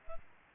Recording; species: mosquito wingbeat signal from an infrared sensor; Aedes albopictus